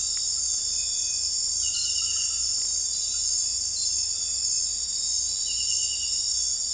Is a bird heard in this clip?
no